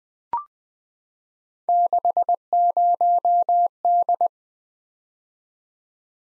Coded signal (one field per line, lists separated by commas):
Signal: Morse code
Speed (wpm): 20 wpm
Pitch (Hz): 700 Hz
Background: none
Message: 60D